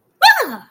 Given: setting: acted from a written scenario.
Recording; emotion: vocal sound without words; fear